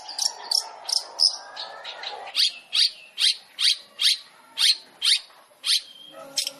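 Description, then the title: Long-tailed shrike calls: high chirps at first, then a steady series of harsh rasps repeated roughly twice a second. Long-tailed shrike song used as masteran, training material for other shrikes; described as full tembakan, rapid burst-style song. "MASTERAN CENDET FULL TEMBAKAN"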